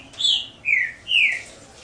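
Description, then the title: Double-collared seedeater song: three loud, sweet whistled notes, each sliding downward, spaced about half a second apart, against a quiet background. "Canto Coleiro"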